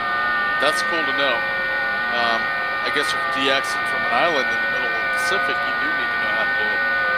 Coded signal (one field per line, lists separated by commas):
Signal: FT8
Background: speech